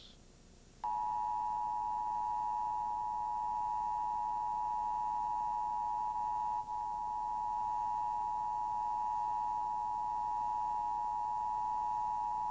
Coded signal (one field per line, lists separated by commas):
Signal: Emergency Alert System (SAME) tones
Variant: 853 and 960 Hz attention tone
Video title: WFMJ 21, Emergency Broadcast System, 1988